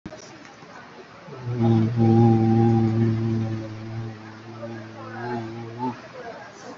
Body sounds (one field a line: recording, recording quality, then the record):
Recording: sustained vowel as in boot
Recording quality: moderate, slight background noise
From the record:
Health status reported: COVID-19 positive, mild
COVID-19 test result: positive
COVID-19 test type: RT-PCR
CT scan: taken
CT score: 5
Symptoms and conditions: cough, cold, sore throat, diabetes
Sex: male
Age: 43 years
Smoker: no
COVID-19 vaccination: one dose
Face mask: not worn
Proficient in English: yes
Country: India